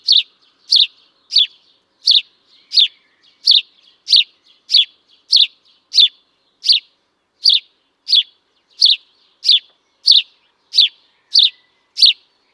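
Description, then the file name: House sparrow giving a long run of repeated short, harsh chirps, roughly one every two-thirds of a second, steady and unaccompanied by other sounds. "Passer domesticus"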